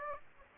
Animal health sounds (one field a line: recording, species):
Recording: mosquito wingbeat signal from an infrared sensor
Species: Aedes aegypti